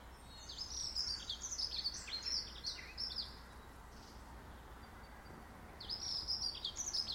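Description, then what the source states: Birds chirping in busy bursts of high, quick, sliding notes, a pause in the middle, then another lively burst near the end. Birds in a garden.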